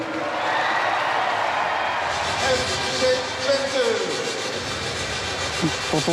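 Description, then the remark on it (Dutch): A large crowd in Twente applauds and cheers for the national champions, who have won the title for the ninth time, a dense, steady roar of clapping with scattered shouts and whistles rising out of it, staying loud throughout. “Nog eenmaal een taverend applaus voor onze kampioenen.”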